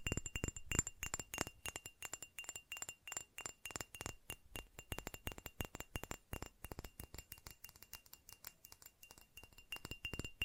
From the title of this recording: ASMR Fast Tapping